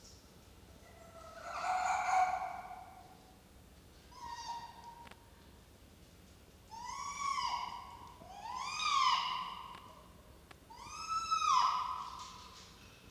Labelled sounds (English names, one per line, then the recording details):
Red Fox
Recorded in captivity
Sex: pair
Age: adult
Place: Zoologisches Institut der HUB, Berlin, DE
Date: 1953-03-09 16:30
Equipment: Elmetra
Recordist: Tembrock, Günter